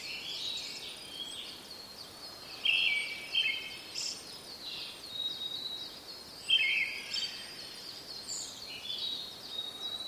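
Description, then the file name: Brown-headed thrush singing two clear trilled phrases about four seconds apart, with faint high chirps of other birds throughout. "akahara"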